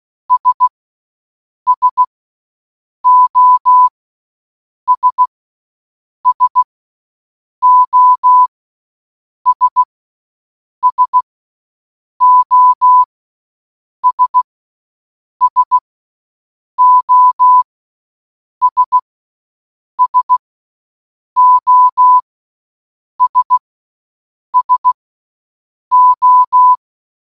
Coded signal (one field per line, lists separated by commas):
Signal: Morse code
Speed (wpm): 16 wpm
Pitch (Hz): 1000 Hz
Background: none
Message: S SOS SOS SOS SOS SOS SO